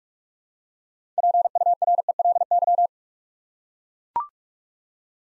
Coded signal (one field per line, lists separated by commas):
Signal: Morse code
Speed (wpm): 44 wpm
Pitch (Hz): 700 Hz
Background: none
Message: PURELY